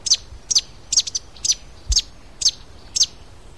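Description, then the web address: Fruiteater giving high, thin notes, some doubled, spaced roughly half a second apart. "cantos fruteyungue"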